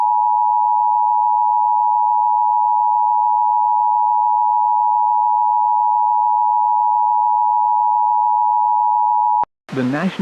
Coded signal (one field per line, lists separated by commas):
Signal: Emergency Alert System (SAME) tones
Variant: 853 and 960 Hz attention tone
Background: speech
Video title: EAS MOCK: PDS SVR for my area